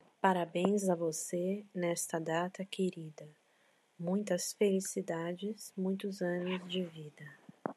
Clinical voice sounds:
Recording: short text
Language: Brazilian Portuguese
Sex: female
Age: 40 to 49 years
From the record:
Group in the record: control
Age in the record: 45 years

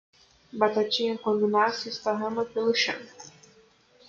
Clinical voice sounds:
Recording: short text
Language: Brazilian Portuguese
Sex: female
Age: 20 to 29 years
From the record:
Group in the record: control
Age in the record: 22 years

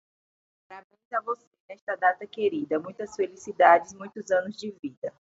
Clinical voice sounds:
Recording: short text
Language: Brazilian Portuguese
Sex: female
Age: 30 to 39 years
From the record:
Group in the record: control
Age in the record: 33 years

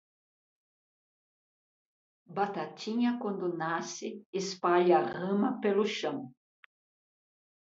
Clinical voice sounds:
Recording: short text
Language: Brazilian Portuguese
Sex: female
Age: 60 to 69 years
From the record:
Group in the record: control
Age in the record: 67 years

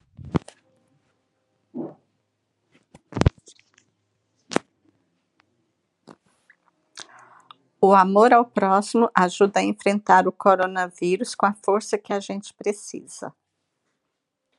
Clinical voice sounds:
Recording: spoken sentence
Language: Brazilian Portuguese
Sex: female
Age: 50 to 59 years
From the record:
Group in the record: control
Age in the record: 55 years

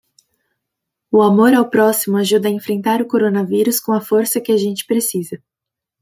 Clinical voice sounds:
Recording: spoken sentence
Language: Brazilian Portuguese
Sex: female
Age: 20 to 29 years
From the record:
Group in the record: control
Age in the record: 23 years

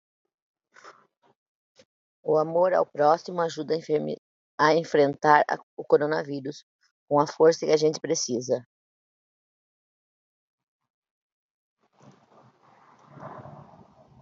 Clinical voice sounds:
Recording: spoken sentence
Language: Brazilian Portuguese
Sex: female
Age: 50 to 59 years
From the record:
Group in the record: control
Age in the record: 55 years

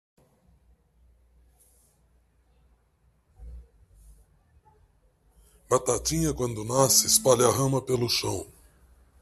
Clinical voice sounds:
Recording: short text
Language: Brazilian Portuguese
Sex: male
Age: 60 to 69 years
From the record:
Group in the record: control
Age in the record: 67 years

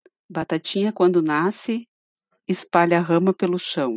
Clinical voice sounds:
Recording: short text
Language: Brazilian Portuguese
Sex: female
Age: 40 to 49 years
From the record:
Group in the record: control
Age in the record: 47 years

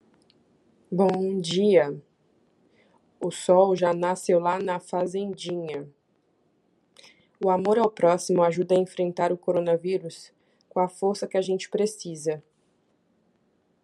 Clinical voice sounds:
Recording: spoken sentence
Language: Brazilian Portuguese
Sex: female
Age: 30 to 39 years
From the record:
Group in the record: control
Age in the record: 34 years

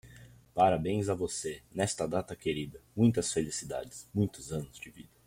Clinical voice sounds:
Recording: short text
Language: Brazilian Portuguese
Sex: male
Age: 20 to 29 years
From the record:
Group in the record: control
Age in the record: 20 years

